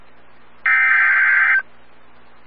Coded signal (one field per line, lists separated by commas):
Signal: Emergency Alert System (SAME) tones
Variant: header bursts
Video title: TN SVR EAS #635